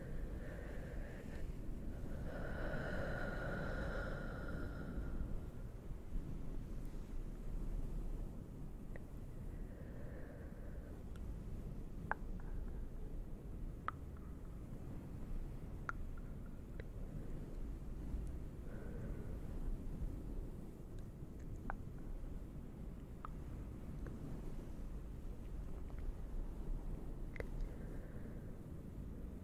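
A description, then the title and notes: Cave sounds: a steady, dense low rumble fills the whole clip. Soft tonal hums rise and fade around the start, near ten seconds and near nineteen, while sharp isolated clicks and drips land every few seconds from about nine seconds on. Towel and fluffy CAVE SOUNDS (delicate echo).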